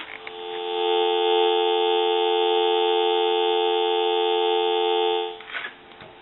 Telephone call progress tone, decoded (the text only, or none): dial tone